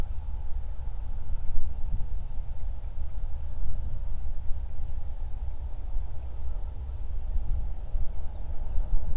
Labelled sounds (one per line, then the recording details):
bird
wind
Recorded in the Prudhoe Bay oil fields, Alaska, on 31 July 2019 at 08:09
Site 24